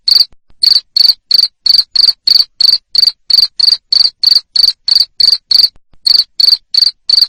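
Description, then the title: Cricket giving loud, rapid chirps, each a short buzzy pulse about three per second, one short pause near the end. Loud cricket chirping used to make lovebirds sing continuously. "Suara JANGKRIK NGERIK Keras Bikin LOVEBIRD Jadi NGEKEK Terus Vubey"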